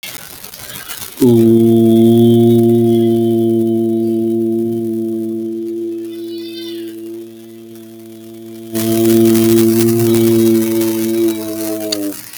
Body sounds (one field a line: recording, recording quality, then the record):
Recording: sustained vowel as in boot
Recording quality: excellent, no background noise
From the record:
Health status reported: healthy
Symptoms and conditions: none ticked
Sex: male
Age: 44 years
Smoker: not ticked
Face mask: not worn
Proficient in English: yes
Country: India